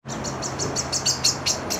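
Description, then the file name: Bird calls, a quick series of high thin chirps over a low steady background hum. "pájaro"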